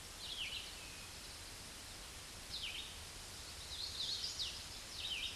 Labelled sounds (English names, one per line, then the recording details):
Hooded Warbler song
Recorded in a Pennsylvania forest on 16 May 2024 at 08:24
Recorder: AudioMoth, point MSD-2201
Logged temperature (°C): 15.5 °C
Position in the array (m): 176 m, 115 m